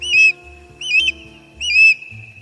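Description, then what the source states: Osprey whistled calls: three short, clear, high chirps repeated roughly every 0.8 seconds. Ospreys take fish from lakes and ponds for their dinner.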